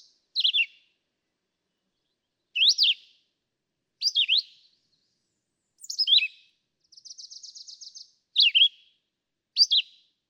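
Philadelphia vireo song of short, clear whistled phrases repeated at uneven intervals of one to two seconds, with one high buzzy pulsed trill between them.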